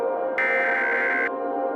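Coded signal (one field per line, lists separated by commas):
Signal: Emergency Alert System (SAME) tones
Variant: header bursts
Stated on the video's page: Fictional EAS scenario.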